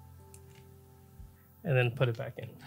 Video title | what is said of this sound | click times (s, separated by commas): Digital Night Vision for Astronomy(Sionyx Aurora Pro) - Filming Meteor Showers | and then you'll also hear that click as well | 0.3 s